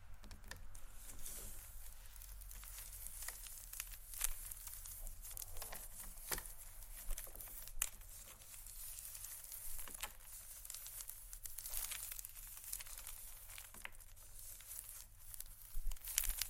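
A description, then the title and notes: Leather bags are scratched and handled, a steady run of dry, crisp rustling and crinkling with bright edges. Sharper clicks and taps stand out now and then, around four, six, eight and ten seconds, over a low constant hum. ASMR Tapping & Scratching Luxury Leather Bags（No Talking）.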